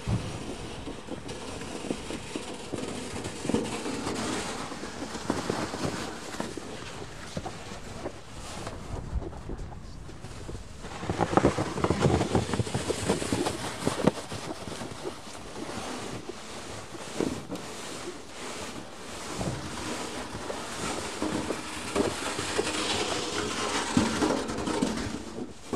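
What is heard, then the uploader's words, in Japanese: Snow being cleared from a roof: a dense, continuous scraping and rumbling that fills the whole 26 seconds. Irregular thuds and sharper scrapes jut out, especially around twelve to fourteen seconds, over a low, wind-like roar. 湯治場ラジオ 雪下ろしASMR。村井六助さんでの雪下ろしの音を配信します。会話はありません。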